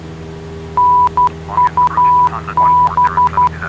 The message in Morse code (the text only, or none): NUB